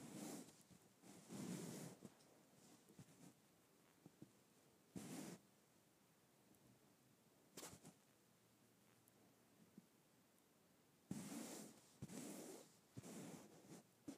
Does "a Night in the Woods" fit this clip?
no